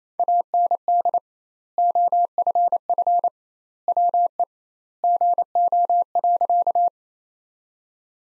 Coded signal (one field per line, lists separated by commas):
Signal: Morse code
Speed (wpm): 28 wpm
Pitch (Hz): 700 Hz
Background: none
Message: AND OFF WE GO.